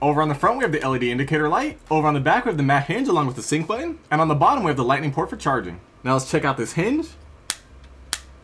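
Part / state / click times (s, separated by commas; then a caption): hinged lid on an earbud charging case / seated / 7.5 s, 8.1 s. Someone talks while handling a wireless earbud charging case, then works its hinged plastic lid. The lid snaps shut with a sharp click at 7.5 seconds and again at 8.1 seconds, a very satisfying click as the lid seats closed.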